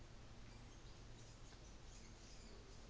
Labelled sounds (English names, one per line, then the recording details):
New Zealand Fantail
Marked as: faintness 4/5
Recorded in New Zealand on 24 December 2018
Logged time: 14:00